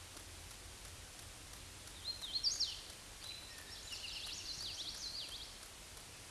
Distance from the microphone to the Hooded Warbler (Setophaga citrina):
about 20 m